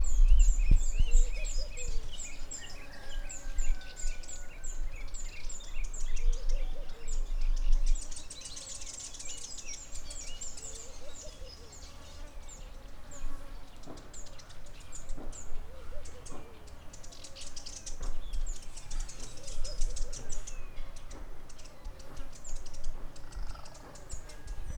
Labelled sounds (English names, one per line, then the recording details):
Buff-bellied Warbler
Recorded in northern Uganda